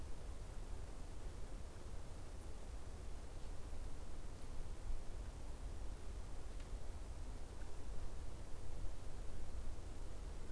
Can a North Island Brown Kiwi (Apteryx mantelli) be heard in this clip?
no